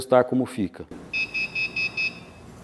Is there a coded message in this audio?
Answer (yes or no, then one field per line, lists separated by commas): no